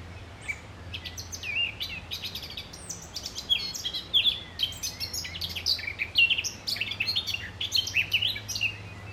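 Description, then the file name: Eurasian blackcap singing a continuous, varied warble of quick high whistled and chattering notes, with a steady low hum underneath. "Sylvia atricapilla"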